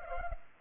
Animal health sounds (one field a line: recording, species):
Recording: mosquito wingbeat signal from an infrared sensor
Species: Culex pipiens